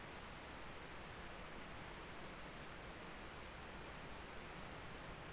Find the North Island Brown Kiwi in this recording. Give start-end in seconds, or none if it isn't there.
none